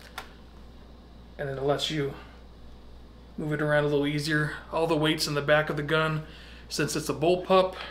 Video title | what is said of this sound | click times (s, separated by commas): Steyr AUG A3M1 Iconic Movie Gun | when you want it back down snaps back into place | 0.2 s